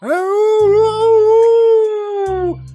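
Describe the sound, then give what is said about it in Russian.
A single long, wolf-like howl imitated quietly by a woman behind shrubs, face raised to the sky and fingers on her throat, holding one steady mid-pitched tone for over two seconds before sliding down at the end, with a low rumble underneath. “Раздался вой, словно откуда-то издали.”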